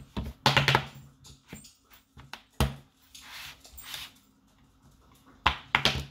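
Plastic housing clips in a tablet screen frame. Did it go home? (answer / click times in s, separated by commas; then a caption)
released / 0.6 s, 0.7 s, 5.5 s, 5.7 s. A pry tool is worked all the way around the edge of an Amazon Fire HD 8 tablet (7th gen), releasing the plastic snap clips that hold the back housing to the screen frame one after another. Sharp plastic pops ring out at 0.6, 0.7, 5.5 and 5.8 seconds, with softer scraping and ticking between them, and the clips are released.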